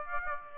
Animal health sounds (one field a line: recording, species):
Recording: mosquito wingbeat signal from an infrared sensor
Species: Aedes aegypti